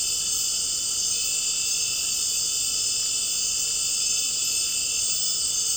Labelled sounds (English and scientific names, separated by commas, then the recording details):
none
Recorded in dense forest near Puerto Asís, Putumayo, Colombia, on 9 March 2025 at 19:00
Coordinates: 0.467, -76.328
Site G041